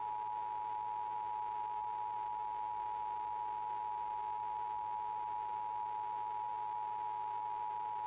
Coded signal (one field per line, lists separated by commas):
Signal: Emergency Alert System (SAME) tones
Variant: 853 and 960 Hz attention tone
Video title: Severe Thunderstorm Warning on WFXH-FM (6/3/2022) (EAS #1465)